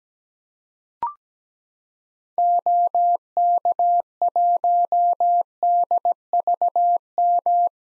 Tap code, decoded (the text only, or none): none